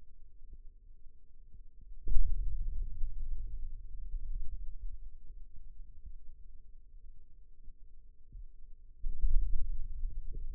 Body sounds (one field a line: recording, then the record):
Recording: forearm muscle sounds (acoustic myography)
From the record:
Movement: hand opening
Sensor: system 2, bracelet of six BSWA MPA416 microphones around the upper forearm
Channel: 2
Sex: male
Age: 22 years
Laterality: right